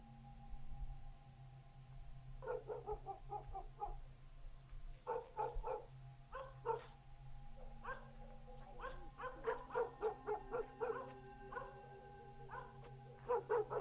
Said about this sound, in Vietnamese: Ở bên ngoài, tiếng con chó vàng lại cắn nhấm nha nhấm nhặng.